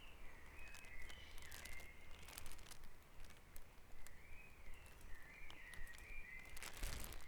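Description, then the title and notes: Bird song: continuous wavering warbles that bend up and down, with frequent clicks and knocks and a steady low rumble underneath. Dawn chorus at Back Dragon Avenue, Harrogate. "Dawn Chorus // Back Dragon Avenue, Harrogate. Sound Map Of Harrogate"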